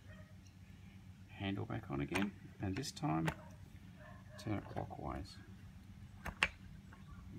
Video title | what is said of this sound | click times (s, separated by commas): How to Clean Jandy in floor cleaner heads Service Swimming Pool cleaning system. | click into place all right and | 6.4 s